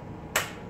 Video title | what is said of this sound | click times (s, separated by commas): Keg rental infomation | Move it up, you will hear a click. | 0.4 s